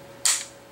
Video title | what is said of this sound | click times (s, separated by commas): Remington 870 Disassembly & Reassembly | hear that click now it's gonna move down just a little bit it moved like | 0.2 s